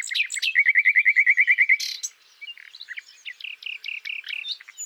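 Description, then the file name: Common nightingale song featuring a steady, rapid run of many identical loud notes, a sharp burst, then softer repeated chirping notes. "Luscinia megarhynchos"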